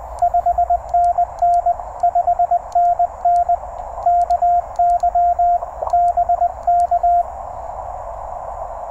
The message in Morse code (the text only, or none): 5NN 5NN KY BK